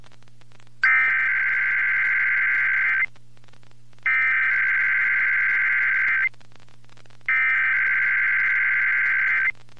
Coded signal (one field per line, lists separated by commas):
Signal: Emergency Alert System (SAME) tones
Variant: header bursts